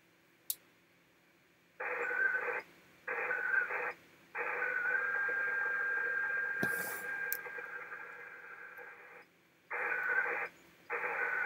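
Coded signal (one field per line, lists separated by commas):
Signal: HF data modem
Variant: ARDOP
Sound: five bursts of rushing, hissy data noise with gaps; one long burst in middle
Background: occasional clicks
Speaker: let me try connecting again and let's see if have better luck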